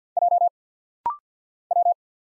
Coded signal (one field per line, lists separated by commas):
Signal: Morse code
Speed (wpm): 48 wpm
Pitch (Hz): 700 Hz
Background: none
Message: J W